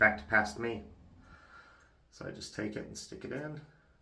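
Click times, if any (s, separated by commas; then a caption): none. A single-edge razor blade is being handled and pushed toward the blade slot of a metal safety razor head while someone talks. Nothing has seated or clicked into place yet.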